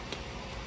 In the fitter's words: easy on the truck don't shake it on the lift try try that one keep that going to that one it clicks started with this one didn't